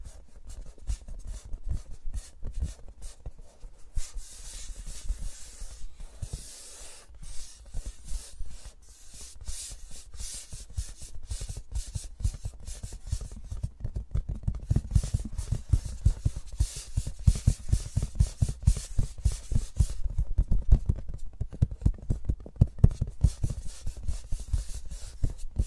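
Fingers rub and scratch against microphones in dense, rapid bursts of crisp scraping, with brighter hissing stretches and a low thumping underneath throughout.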